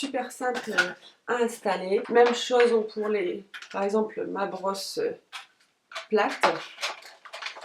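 A flat brush attachment is handled next to the body of a Philips Procare hot-air styling brush, ready to be pushed in and twisted until it locks. Someone talks throughout, with soft handling sounds near the end. Nothing has seated or clicked yet.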